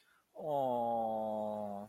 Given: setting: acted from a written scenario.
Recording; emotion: vocal sound without words; adoration